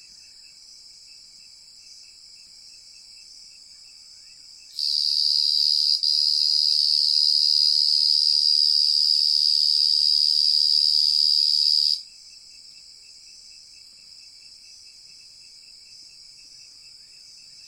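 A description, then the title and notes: A piercing, steady cicada buzz bursts in loud around five seconds, holds for about seven seconds, then drops back to a faint high hum. Loud Cicada At South Luangwa. Recorded with Sony PCM A10 and Lom mikroUsi microphones.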